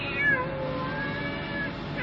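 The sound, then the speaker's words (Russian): The cat Murlyka meows in a long, drawn-out wavering cry that holds steady for about two seconds, its pitch high and slightly sliding, with no voices present. “А кот Мурлыка на двух лапках скакать, да плясать принялся.”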